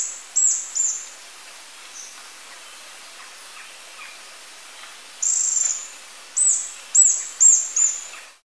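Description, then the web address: Spotted barbtail calls: very high, sharp, slightly descending notes given in short bursts, separated by a long quiet gap, over faint background hiss. Ecuador. "Birds of Ecuador. Spotted Barbtail"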